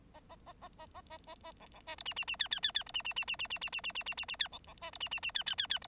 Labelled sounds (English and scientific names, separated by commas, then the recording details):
Bengalese Finch (Lonchura striata domestica) song
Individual Bird9